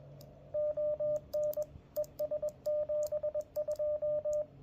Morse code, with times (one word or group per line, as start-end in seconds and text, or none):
0.5-1.6 ON
2.0-4.4 ES72